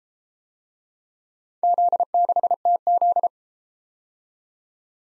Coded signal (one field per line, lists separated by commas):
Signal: Morse code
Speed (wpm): 33 wpm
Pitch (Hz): 700 Hz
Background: none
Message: Z6TZ